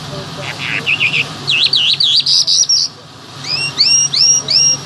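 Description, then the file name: Bimaculated lark song: high chirped phrases, then a run of zigzag notes, a brief pause and a string of rising slurred notes, with a low steady hum beneath. "sound black bimaculated lark"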